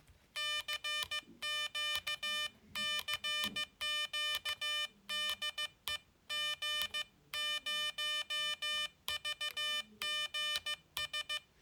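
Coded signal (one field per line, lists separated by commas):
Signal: Morse code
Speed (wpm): 15 wpm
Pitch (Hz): 3000 Hz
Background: none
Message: CQ CQ DE G0VGS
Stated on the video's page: Morse from a homebuilt 40m QCX QRP transceiver kit from QRP-Labs.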